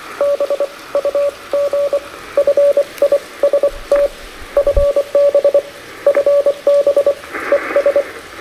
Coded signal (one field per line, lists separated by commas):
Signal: Morse code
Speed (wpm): 25 wpm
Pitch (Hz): 590 Hz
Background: radio noise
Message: BUG FIST FB FB ES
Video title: QRP, Morse Code & Tea: A Rainy-Day POTA Activation with the Elecraft K2, AX3, and Vibroplex Bug!